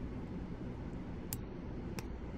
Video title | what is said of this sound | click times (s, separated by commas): Tinsley Live Stream - Building the HG Gundam Aerial Rebuild (Session #3) | Ooh, 2 snaps. Not loud, but | 1.3 s, 2.0 s